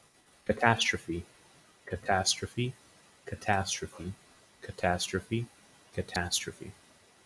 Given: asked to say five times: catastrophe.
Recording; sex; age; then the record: repeated word; male; 20 to 29 years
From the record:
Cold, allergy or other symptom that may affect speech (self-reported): no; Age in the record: 25 years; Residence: Florida, United States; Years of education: 15